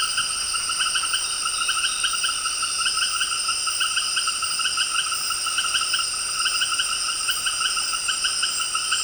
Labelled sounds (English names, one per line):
none